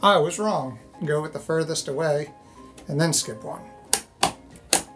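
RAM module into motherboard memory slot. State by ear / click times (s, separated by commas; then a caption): seated / 3.9 s, 4.7 s. A RAM module is pressed into the motherboard memory slot farthest away, skipping one slot as the motherboard guide directs. Someone talks over light music, then sharp slot latch clicks ring out at 3.9 s and 4.7 s. The stick snaps home and seats in the correct slot.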